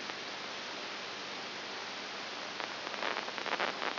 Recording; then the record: brain microelectrode recording played as sound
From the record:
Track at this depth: outside the subthalamic nucleus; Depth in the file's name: 7.5 mm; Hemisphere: left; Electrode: 2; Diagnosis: Parkinson's disease